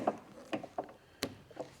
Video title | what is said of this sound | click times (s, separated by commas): Installing an oversized IMS Tank on a Beta 4-Stroke Motorcycle (AB-23007) | So, we'll get those in. Nice clicks. | 0.1 s, 0.5 s, 0.8 s, 1.2 s